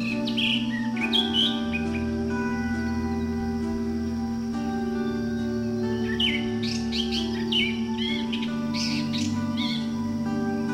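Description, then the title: Bird chirping in scattered bright, quick notes, then a busier run of rapid tweets later on, against a continuous droning hum. "SuaraBurung Kicau"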